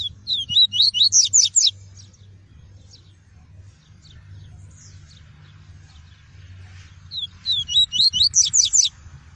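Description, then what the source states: Double-collared seedeater delivering two rapid bursts of high, twisting whistled notes several seconds apart, with faint chips and a steady low rumble in between. Song of the "tui-tui" variety.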